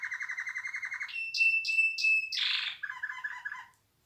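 Canary singing a quick rolling trill, then sharp repeated high notes, a burst of buzzy tones and a lower chattering series that fades out.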